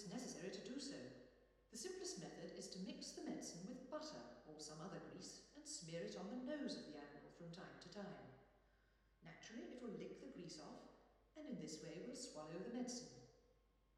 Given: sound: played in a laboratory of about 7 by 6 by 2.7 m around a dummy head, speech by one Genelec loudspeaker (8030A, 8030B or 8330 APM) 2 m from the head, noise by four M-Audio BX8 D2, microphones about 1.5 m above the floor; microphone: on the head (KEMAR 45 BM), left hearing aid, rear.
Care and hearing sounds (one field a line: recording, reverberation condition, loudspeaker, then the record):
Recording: female speech in English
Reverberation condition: high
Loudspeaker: 150 degrees to the left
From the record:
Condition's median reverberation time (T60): about 1300 ms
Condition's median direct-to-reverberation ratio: about -4.0 dB